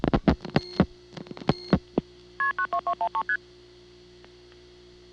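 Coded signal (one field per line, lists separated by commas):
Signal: multi-frequency trunk signalling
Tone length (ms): 80 ms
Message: KP92213ST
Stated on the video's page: Calls dialed to local office codes from a phone served by a rare European (Siemens) switch, Ocala local network, 1982.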